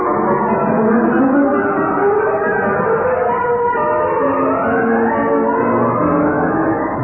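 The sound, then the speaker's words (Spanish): Sirens of several police patrol cars wail continuously, their pitch sweeping up and down in overlapping glides above a steady, loud rumble of traffic, as the police cordon off a road and search every car leaving the city. No one speaks. “Varios autos patrulla tendían un cerco de vigilancia y registraban todos los automóviles que salían de la ciudad.”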